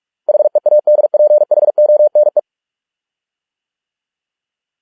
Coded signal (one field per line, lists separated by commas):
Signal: Morse code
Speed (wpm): 46 wpm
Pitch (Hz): 600 Hz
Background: none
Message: HEADPHONE